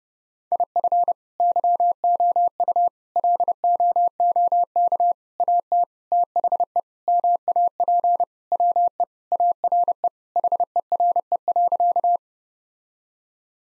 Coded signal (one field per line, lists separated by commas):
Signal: Morse code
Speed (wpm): 30 wpm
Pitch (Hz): 700 Hz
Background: none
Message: IF YOU LOOK AT THE MAP WE ARE HERE.